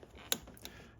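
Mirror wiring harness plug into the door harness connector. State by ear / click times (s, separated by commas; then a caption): seated / 0.3 s. A Cybertruck side mirror wiring harness plug is clipped into its mating door harness connector with the locking tab facing forward. One sharp snap at 0.3 s shows the plug seating, followed by a couple of fainter ticks around 0.6 s. The connector is seated.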